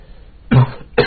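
Two short, low-pitched cough bursts from an adult man in a quiet indoor room: a stronger first cough with a rough tail, then a brief second one about half a second later. Plain isolated coughs, without wheeze or whoop. The man has a cough.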